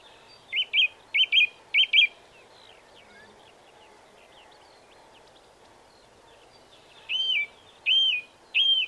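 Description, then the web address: Song thrush singing: three quick doubled whistled notes repeated at the start, then after a pause three clear arched whistles repeated, over a soft steady background hum. "Bird Song Site Song Thrush - Grive"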